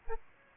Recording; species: mosquito wingbeat signal from an infrared sensor; Aedes aegypti